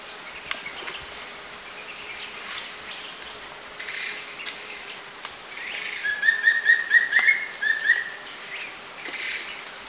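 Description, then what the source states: Wing-barred piprites, a run of brief whistled notes near the end, set against a constant buzzing insect chorus. Recorded in the eastern lowlands of South America.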